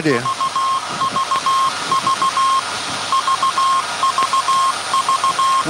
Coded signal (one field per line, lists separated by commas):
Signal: Morse code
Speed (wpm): 16 wpm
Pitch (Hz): 1070 Hz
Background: speech, radio noise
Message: UVV VVV